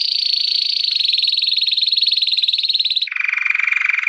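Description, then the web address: Canary singing a long, rapid, high trill for about three seconds before dropping suddenly into a lower, equally fast rolling trill. "Music Canary Canary Singing"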